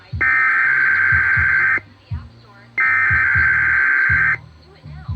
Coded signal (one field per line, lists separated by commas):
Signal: Emergency Alert System (SAME) tones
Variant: header bursts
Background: speech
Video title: Required Weekly Test on KDKA-AM #45 || 6/26/22 (EAS # 1164-1166)